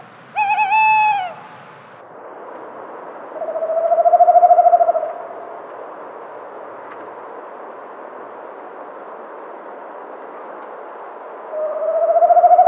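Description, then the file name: Tawny owl: a short harmonic wavering note, then a long low hoot and, after a long pause, another. "kattugle"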